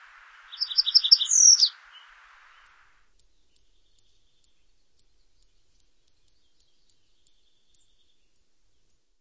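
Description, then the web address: Yellow-eyed junco song of doubled chirps and a rapid falling trill, followed by a long series of thin, very high ticks. "Songs of Birds of North America Stokes. Yellow-eyed Junco"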